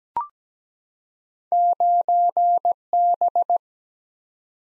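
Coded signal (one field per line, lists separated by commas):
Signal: Morse code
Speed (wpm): 17 wpm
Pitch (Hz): 700 Hz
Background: none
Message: 9B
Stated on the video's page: Morse code copy drill at 17 wpm of random two-character letter-number combinations, each sent in Morse, spoken, then sent again.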